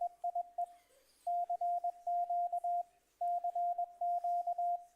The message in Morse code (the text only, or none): EIE CQ CQ